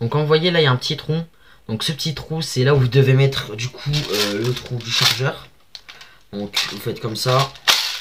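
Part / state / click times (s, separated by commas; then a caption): magazine into airsoft replica rifle / not seated / none. Someone talks while handling a CYMA CM515 airsoft replica rifle (a €100 model), lining up the hole in the magazine with the small hole on the rifle to push the magazine in. Two brief, sharp handling sounds occur at about 5.8 and 5.9 s. The magazine has not yet clipped home, and nothing has seated yet.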